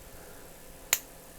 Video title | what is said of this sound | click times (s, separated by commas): Craftsman 43773 Quick Clean Quick Release Ratchet Vintage 1/2” Drive | It clicks and it stays. | 0.9 s